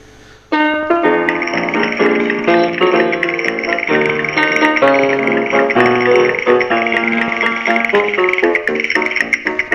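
A 1954 Spanish copla song about bullfighters plays loud and full, with rich sustained instrumental harmonies and melodic lines, kicking in abruptly after a half-second of near silence and holding steady throughout.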